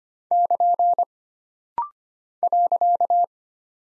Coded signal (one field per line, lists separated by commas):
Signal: Morse code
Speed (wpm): 25 wpm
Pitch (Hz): 700 Hz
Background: none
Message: <KN> .